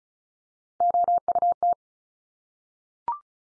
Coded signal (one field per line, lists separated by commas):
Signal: Morse code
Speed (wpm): 34 wpm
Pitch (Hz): 700 Hz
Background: none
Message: OUT